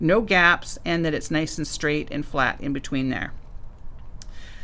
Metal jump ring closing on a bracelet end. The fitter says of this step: So just jiggle it back and forth until you sort of hear it click, and you want to make sure that you can see